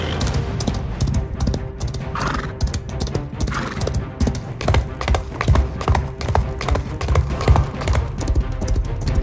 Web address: animal horse-related-sound-effect